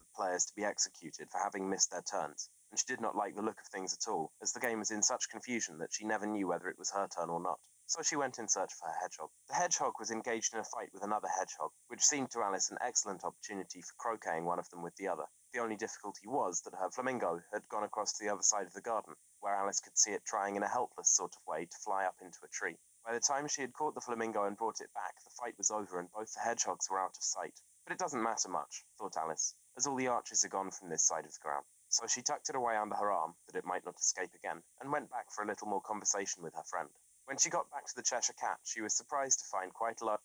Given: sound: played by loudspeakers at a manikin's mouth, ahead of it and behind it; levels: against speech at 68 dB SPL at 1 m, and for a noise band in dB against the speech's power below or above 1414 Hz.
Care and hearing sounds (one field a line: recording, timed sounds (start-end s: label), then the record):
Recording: test signals for a remote microphone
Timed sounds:
0.00-40.15 s: man speaking
From the record:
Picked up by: remote microphone C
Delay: 23 ms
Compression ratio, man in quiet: 1.79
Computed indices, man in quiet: SII 0.993, HASPI 0.992, HASQI 0.254 (non-linear 0.305, linear 0.832), ESTOI 0.734